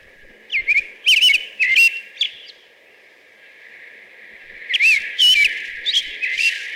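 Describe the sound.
American robin singing two groups of rich caroling whistles with sharp high-pitched squeaks, separated by a quiet gap of about two seconds over a steady low hiss.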